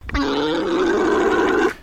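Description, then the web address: Alpaca mating call: a steady, droning, guttural hum held for about one and a half seconds without a break, then stopping abruptly. Male alpaca giving a mating call. "Sound Effects-Foundation 1 ANIMAL ALPACA MALE MATING CALL"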